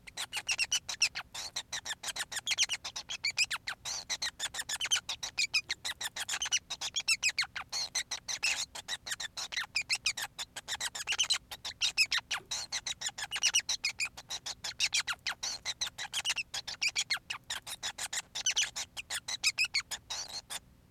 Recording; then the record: song of a male Bengalese finch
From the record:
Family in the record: son of father 5